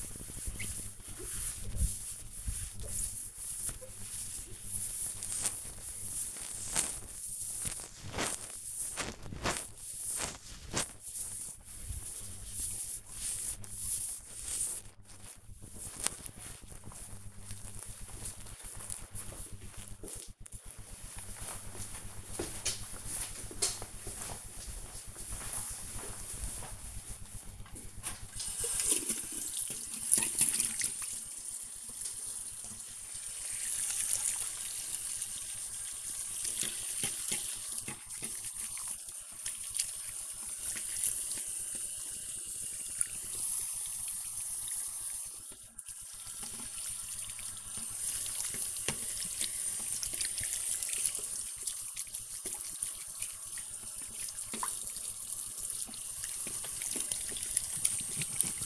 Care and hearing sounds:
household activities, microphone on the right wrist
0.00-15.88 s: window cleaning
27.98-58.65 s: washing hands

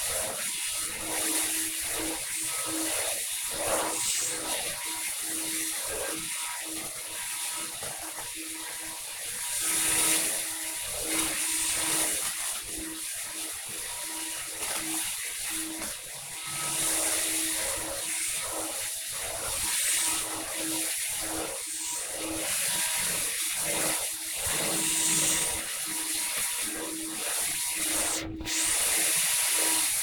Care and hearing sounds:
household activities, microphone on the right wrist
0.00-30.03 s: vacuum cleaning

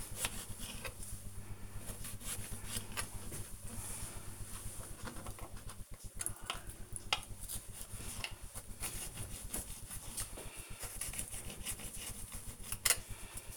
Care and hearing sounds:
household activities, microphone on the right wrist
0.00-13.57 s: cutting vegetables

